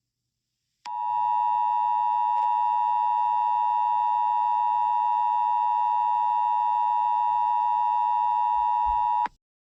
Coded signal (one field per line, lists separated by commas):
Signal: Emergency Alert System (SAME) tones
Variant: 853 and 960 Hz attention tone